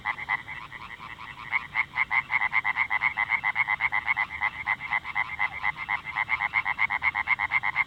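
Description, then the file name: Oriental tree frog giving rapid, rattling croaks in a continuous run, several notes each second. "Hyla orientalis"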